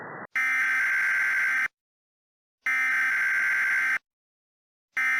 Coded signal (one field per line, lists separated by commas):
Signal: Emergency Alert System (SAME) tones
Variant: header bursts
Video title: [UNOFFICIAL FANMADE] ARCORIAN CIVILWAR EAS